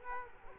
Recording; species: mosquito wingbeat signal from an infrared sensor; Culex quinquefasciatus